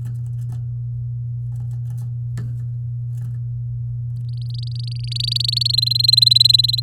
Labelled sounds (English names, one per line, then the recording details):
Domestic Canary song
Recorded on 8 May 2018 at 15:27
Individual llb16